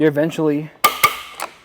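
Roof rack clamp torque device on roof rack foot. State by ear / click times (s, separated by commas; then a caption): torque reached / 1.0 s. Someone talks, then the built-in torque device on a Thule Evo Clamp or Edge Clamp roof rack foot, fitted on a 2024 Ram 1500 roof, is tightened until it clicks. A sharp click sounds at 1.0 s, signalling the clamp has reached its specified torque. A smaller tick follows at 1.4 s.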